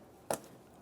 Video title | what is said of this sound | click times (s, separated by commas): How to Replace Mass Air Flow Sensor 2009-2019 Ford Flex | listen for a click | 0.3 s